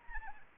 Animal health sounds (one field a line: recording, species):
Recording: mosquito wingbeat signal from an infrared sensor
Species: Anopheles arabiensis